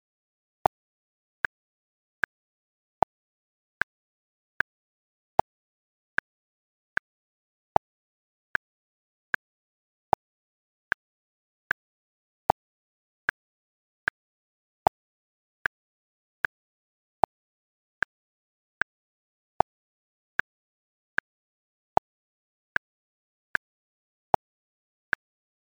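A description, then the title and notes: A metronome ticks steadily at 76 beats per minute in three-four time, sharp bright clicks with every third beat accented, over total silence. 3-Hour Metronome at 76 BPM • 3/4. Metronome set at a steady 76 BPM • 3/4 Time.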